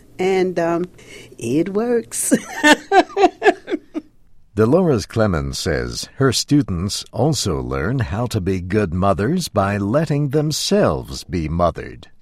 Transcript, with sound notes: And it works! [Laughs] Delores Clemens says her students also learn how to be good mothers by letting themselves be mothered.